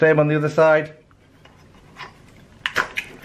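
Someone talks briefly as a plastic PGYTECH leg extender is pushed onto the rear landing leg of a small DJI Mavic Mini drone and slid forward with the thumb. After a quiet stretch of faint handling sounds, a sharp click at 2.7 s marks the extender locking in place, followed by two more short clicks.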